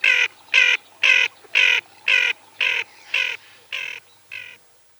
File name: Nyrok beloglazyj